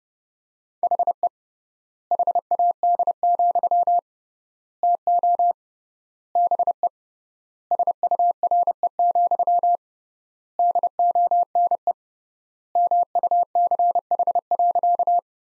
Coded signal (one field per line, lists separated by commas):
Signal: Morse code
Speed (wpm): 30 wpm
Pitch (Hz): 700 Hz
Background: none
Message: HE HAD, TO BE SURE, DONE MUCH.